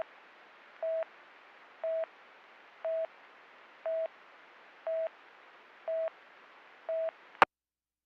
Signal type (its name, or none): none